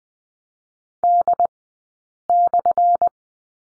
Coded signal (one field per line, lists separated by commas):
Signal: Morse code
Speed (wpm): 20 wpm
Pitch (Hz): 700 Hz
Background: none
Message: D/